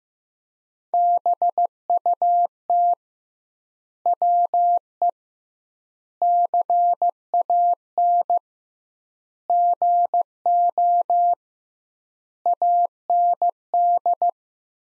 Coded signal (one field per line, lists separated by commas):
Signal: Morse code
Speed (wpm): 16 wpm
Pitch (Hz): 700 Hz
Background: none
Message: BUT WE CAN GO AND